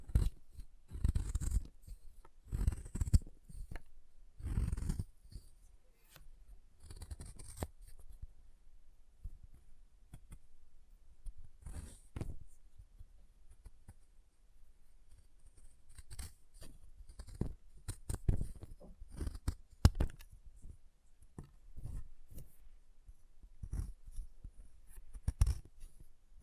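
Chalk being carved and cut, heard as sharp scraping and snipping strokes that come in irregular bursts throughout. Heavier, thumping cuts cluster in the first five seconds, then lighter scratches and clicks continue with short quiet gaps between them.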